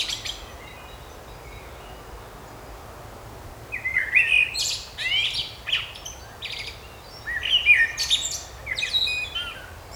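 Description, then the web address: Bird song: two bursts of fast whistled and twittering phrases separated by a short pause, over faint background noise. Birds singing in a park. "مجموعه افکت صدا حیوانات SES Animals Singing Birds in Park"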